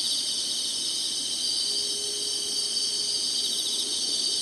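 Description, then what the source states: Dense high insect chorus, continuous ringing trills without pause; a faint low hum runs briefly beneath. Singing, in summer.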